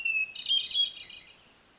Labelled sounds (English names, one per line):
Hermit Thrush